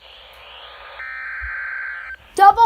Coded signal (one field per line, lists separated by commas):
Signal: Emergency Alert System (SAME) tones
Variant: header bursts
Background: speech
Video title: DOUBLE HEADER!!!!! Flash Flood Warning for MY COUNTY!!!!!!!!! {EAS #2}